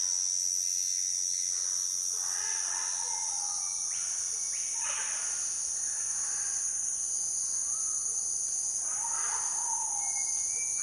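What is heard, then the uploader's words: Amazon rainforest ambience with a steady high insect drone, while birds call in short bursts around two, five and nine seconds. Amazon Jungle is a collection of unique ambiences recorded in the Amazon rainforest on the border between Peru, Bolivia and Brazil. The library was recorded during the rainy season when birds are vocal and humidity is at its highest.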